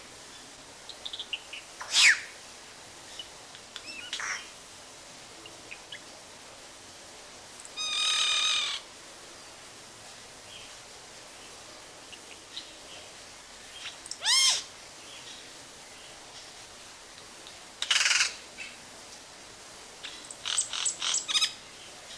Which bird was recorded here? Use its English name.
Yellow-rumped Cacique